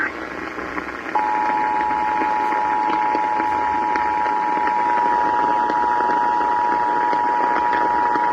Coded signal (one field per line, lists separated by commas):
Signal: Emergency Alert System (SAME) tones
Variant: 853 and 960 Hz attention tone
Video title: When Your Peaceful Sleeping then...RWT | EAS Tests From 1/18-19/2022 (EAS #1,234-1,237)